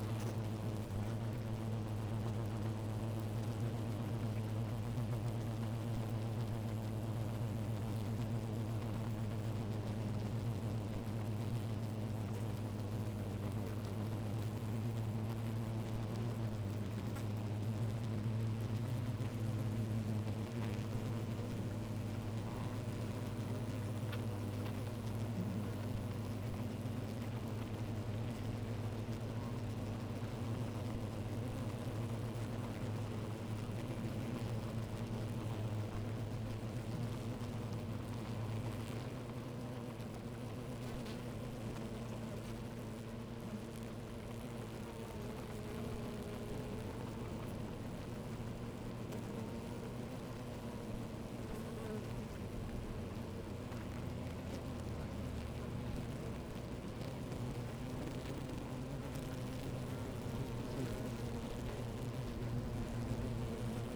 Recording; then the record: honeybee colony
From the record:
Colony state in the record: active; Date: 28 July 2017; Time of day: 11:18